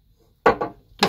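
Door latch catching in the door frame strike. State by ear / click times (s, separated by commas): seated / 0.5 s, 1.0 s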